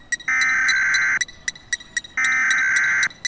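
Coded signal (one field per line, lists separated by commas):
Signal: Emergency Alert System (SAME) tones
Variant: header bursts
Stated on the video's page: Fictional EAS scenario, not a real alert.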